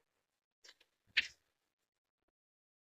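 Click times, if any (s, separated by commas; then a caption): 1.2 s. A plastic front panel clipped onto a PC case is pulled off its clips. Faint handling sounds come first, then a sharp pop at 1.2 s as the clips let go, and the panel comes free.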